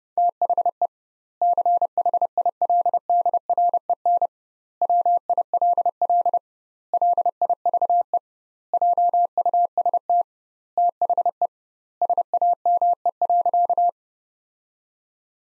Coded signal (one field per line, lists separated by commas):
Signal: Morse code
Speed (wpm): 30 wpm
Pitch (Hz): 700 Hz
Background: none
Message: THE CHILDREN WILL LIVE JUST THE SAME.